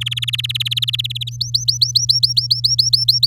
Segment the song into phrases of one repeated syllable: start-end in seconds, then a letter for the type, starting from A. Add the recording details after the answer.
0.01-1.30 A, 1.31-3.27 B. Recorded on 10 May 2018 at 05:50. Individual llb16